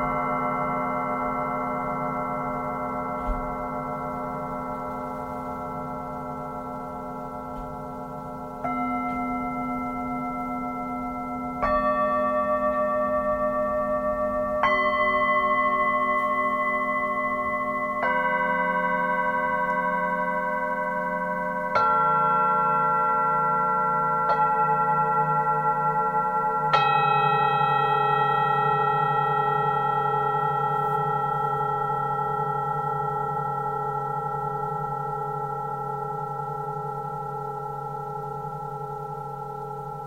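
Tibetan singing bowls ring in long, overlapping tones, struck afresh every few seconds, each strike adding a bright ring over a low hum.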